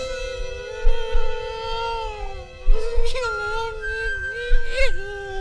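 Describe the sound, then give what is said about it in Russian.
A voice imitates a cat crying, drawing out a long, wavering whimper that rises and dips in pitch, with a few louder sobbing swells toward the end. “Чего, кот, плачешь?”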